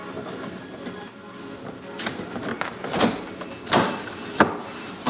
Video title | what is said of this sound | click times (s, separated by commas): Official Unboxing And Assembly: Sony Master Series OLED A9F - XBR55A9F | And everything just snaps | 2.6 s, 4.4 s